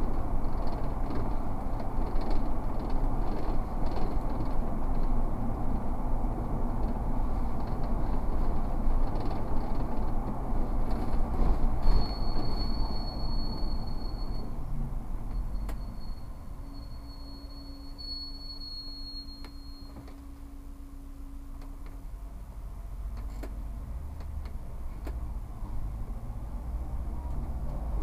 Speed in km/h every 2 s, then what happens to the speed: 53, 53, 51, 50, 50, 50, 40, 27, 16, 16, 4, 8, 10, 21.
0-11 steady at about 50. 11-19 brakes to 4.